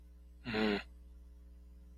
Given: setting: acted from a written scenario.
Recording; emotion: vocal sound without words; contempt